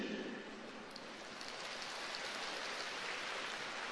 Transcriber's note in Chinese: 掌声